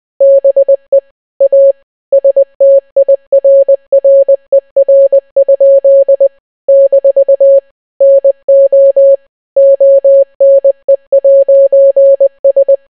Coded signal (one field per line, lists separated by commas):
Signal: Morse code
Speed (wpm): 20 wpm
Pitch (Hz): 550 Hz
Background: none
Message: BE A STIRRER? - NO ONE'S